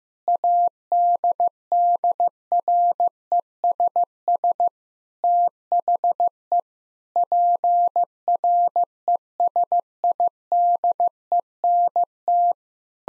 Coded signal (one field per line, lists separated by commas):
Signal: Morse code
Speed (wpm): 15 wpm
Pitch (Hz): 700 Hz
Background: none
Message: ADDRESS THE PRESIDENT